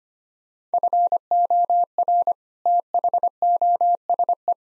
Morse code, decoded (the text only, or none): FOR THOSE